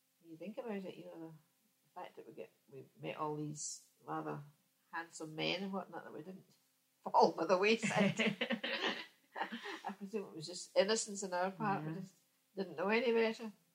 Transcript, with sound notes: When you think about it, you know, the fact that we met all these rather handsome men and whatnot, that we didn't fall by the wayside. [laughs] I presume it was just innocence on our part.
Yeah.
We just didn't know any better.